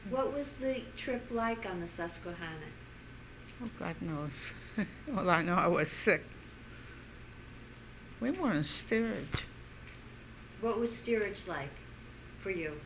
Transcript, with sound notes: What was the trip like on the Susquehanna?
Oh, God knows. ( she laughs ) All I know, I was sick. We were in steerage.
What was steerage like for you?